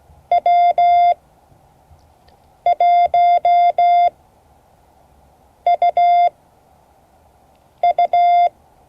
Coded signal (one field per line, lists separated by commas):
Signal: Morse code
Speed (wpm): 16 wpm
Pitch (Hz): 700 Hz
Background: none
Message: W1UU